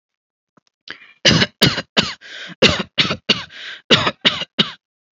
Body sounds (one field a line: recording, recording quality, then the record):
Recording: shallow voluntary cough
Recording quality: excellent, no background noise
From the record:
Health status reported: healthy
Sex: female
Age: 38 years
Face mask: not worn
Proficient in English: yes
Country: India